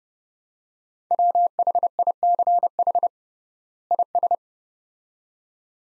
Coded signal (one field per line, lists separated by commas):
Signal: Morse code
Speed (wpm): 30 wpm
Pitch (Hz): 700 Hz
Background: none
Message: WHICH IS